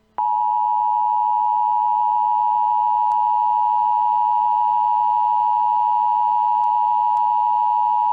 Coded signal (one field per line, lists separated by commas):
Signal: Emergency Alert System (SAME) tones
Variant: 853 and 960 Hz attention tone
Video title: EAS scenario: Shadow Demons 2 The Possession